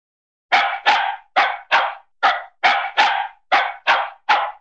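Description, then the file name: Small dog giving ten sharp, yappy barks in rapid succession, often in pairs, with no other sounds. "Dog Small Dog Barks Animal"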